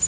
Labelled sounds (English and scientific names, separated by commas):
Prairie Warbler (Setophaga discolor) flight call